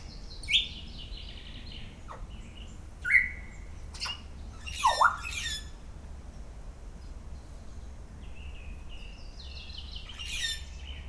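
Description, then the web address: Grey parrot producing varied calls: bright rising whistles, clicks, a dipping squawk, and later a run of level whistled notes and a harsh burst, over a low hum. At Szeged Zoo, recorded 2011; calls described as given continuously every day. "szegedizoo. jakopapagaj"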